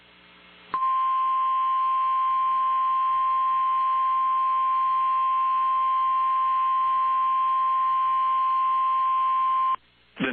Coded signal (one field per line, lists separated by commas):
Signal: Emergency Alert System (SAME) tones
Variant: 1050 Hz attention tone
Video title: We Aren't Done Yet | EAS Alerts from 9/17/2022 (EAS #1414-1430)